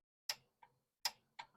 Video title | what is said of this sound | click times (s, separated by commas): 2020 Toyota Camry oil change/maintenance life reset and tire rotation with torque specs & tech tips | hear that click noise | 0.3 s